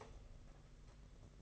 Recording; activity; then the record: daily activity, microphone in the room; stop toaster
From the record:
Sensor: 4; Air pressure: 992.4 hPa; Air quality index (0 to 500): 144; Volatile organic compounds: 81 ppm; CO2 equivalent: 3618 ppm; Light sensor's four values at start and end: 18/63/23/24 and 18/62/23/24